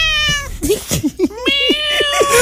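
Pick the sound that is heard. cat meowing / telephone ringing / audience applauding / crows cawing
cat meowing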